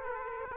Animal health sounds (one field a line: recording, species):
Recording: mosquito wingbeat signal from an infrared sensor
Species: Aedes aegypti